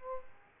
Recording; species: mosquito wingbeat signal from an infrared sensor; Aedes aegypti